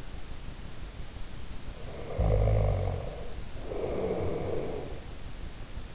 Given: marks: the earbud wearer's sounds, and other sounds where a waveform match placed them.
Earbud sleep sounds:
sounds in sleep by an in-ear microphone; snoring breath
1.80-5.03 s: snoring breath

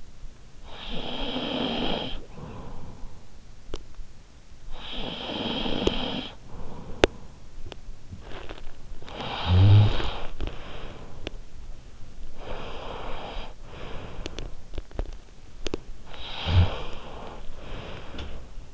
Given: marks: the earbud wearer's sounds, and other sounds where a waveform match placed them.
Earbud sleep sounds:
sounds in sleep by an in-ear microphone; snoring breath, teeth grinding, breath
0.33-3.73 s: snoring breath
4.33-7.76 s: snoring breath
6.64-8.73 s: teeth grinding
8.73-11.10 s: snoring breath
12.25-14.62 s: breath
15.96-18.71 s: snoring breath

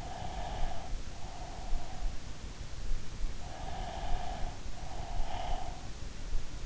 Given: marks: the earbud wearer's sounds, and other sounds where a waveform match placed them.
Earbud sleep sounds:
sounds in sleep by an in-ear microphone; breath
0.05-2.50 s: breath
3.69-6.00 s: breath

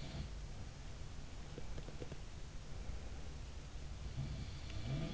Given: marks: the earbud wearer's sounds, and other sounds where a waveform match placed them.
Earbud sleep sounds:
sounds in sleep by an in-ear microphone; teeth grinding
0.00-0.38 s: sound from someone else or the room
1.42-2.42 s: teeth grinding
3.95-5.13 s: sound from someone else or the room

